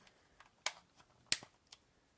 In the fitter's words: then fit your orange ones you can see that these are oriented properly so you know how to get them in there snap